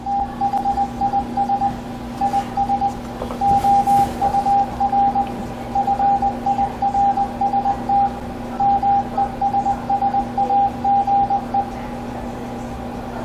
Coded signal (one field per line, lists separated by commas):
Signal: Morse code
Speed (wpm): 20 wpm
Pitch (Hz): 800 Hz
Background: radio noise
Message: THIS IS OUR FIRST MESSAGE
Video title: Kenwood TS-890S - Using a Keyboard for CW, FSK, and PSK